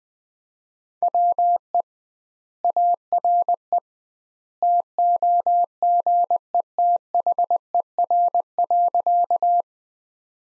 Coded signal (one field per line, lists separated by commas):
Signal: Morse code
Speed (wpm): 19 wpm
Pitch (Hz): 700 Hz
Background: none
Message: WE ARE TOGETHER.